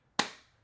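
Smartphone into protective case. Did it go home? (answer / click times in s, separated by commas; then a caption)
yes / 0.2 s. A natural titanium iPhone 16 Pro Max is pressed into a stiff TPU Moment camera case and snaps into place with one sharp, solid click at 0.2 s. The click is a bright, broadband snap that fades over about half a second, and the phone is seated.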